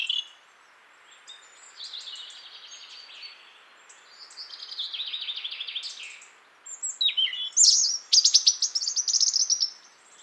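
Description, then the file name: European robin song, high and varied: soft opening notes, then a warbled trill, ending with loud sharp high notes and rapid trills over faint hiss. "Erithacus rubecula"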